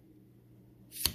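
A phone tripod leg/mount piece is lined up with its locking groove and pushed home. After a low, quiet stretch, a brief rising rustle leads into a single sharp, loud click at 1.1 s. The piece is seated in the groove.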